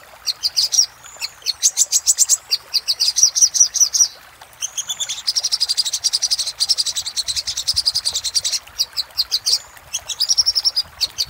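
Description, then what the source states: Little spiderhunter song: fast, high chattering bursts of sharp notes, some runs nearly trilled, with short pauses between phrases. Song used for training cage birds; song style named Labaik.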